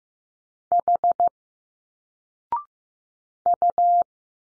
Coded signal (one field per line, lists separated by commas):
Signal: Morse code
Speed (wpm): 15 wpm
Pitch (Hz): 700 Hz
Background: none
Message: H U